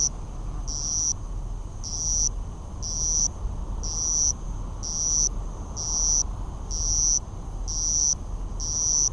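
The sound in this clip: Madara-suzu cricket song: bright, high-pitched buzzing bursts recurring at a regular pace of about one per second, with a low droning hum underneath.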